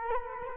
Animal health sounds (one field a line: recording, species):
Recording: mosquito wingbeat signal from an infrared sensor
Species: Culex quinquefasciatus